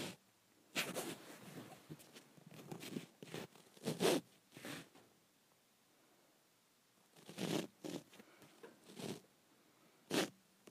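Someone works lotion out of the bottom of a bottle in short bursts of squishy, sputtering squeezes and scrapes. A busy run from about one to five seconds, then a quiet pause, then two more bursts near seven and a half seconds and a final sharp squirt around ten.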